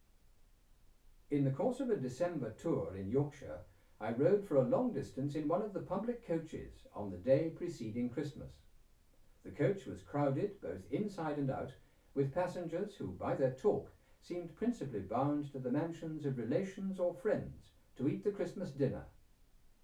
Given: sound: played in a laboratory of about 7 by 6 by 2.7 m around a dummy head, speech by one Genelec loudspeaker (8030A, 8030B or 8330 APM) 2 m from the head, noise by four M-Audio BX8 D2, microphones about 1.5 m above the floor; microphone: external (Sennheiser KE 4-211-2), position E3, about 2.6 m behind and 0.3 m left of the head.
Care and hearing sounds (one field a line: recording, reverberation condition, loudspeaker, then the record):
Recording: male speech in English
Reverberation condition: low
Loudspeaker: 90 degrees to the left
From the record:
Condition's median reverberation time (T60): about 310 ms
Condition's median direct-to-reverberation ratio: about 3.5 dB